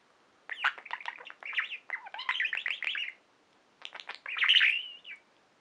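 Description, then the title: Budgerigar chatter: a dense run of clicks and squeaky chirps, a brief gap, then more clicks and a loud drawn-out squeaky call. "Budgie Sounds"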